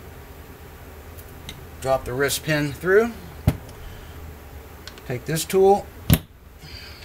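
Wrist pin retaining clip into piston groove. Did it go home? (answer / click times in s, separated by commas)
yes / 6.1 s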